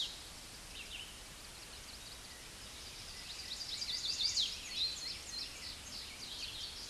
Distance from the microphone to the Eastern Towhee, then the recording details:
about 15 m. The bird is about 5 m above the microphone. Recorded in a Pennsylvania forest on 16 May 2024 at 09:34. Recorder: AudioMoth, point MSD-2201. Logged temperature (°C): 15.5 °C. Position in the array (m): 166 m, 66 m